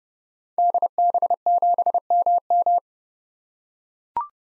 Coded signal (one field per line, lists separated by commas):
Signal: Morse code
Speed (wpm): 30 wpm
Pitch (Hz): 700 Hz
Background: none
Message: DB7MM